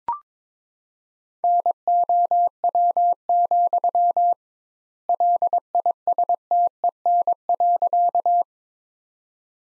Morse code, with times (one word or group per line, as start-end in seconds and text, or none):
1.4-4.3 NOW,
5.1-8.4 LISTEN.